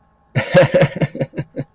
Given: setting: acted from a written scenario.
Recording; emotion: vocal sound without words; amusement